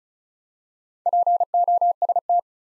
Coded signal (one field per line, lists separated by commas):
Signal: Morse code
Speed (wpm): 36 wpm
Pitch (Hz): 700 Hz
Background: none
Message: POST